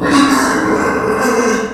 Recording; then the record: squeal of a Yucatan mini pig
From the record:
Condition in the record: after surgery on the right vocal fold (resection and tissue-engineered implant); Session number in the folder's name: 4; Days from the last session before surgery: 26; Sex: female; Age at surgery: 19 weeks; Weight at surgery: 25 kg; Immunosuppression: prednisolone